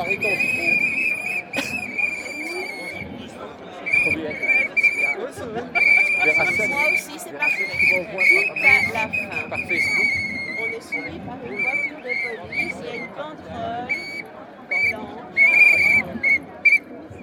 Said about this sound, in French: C'est qui siffle dans les sifflets? C'est vous?